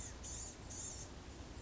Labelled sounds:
Blue-gray Gnatcatcher (Polioptila caerulea)

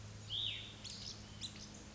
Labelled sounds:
Cassin's Vireo (Vireo cassinii)

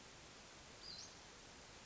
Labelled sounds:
Western Flycatcher (Empidonax difficilis)

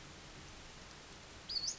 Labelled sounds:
Western Flycatcher (Empidonax difficilis)

